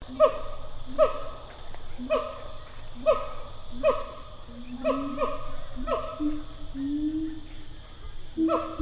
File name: Animal Gibbon Siamang pair call 02 distant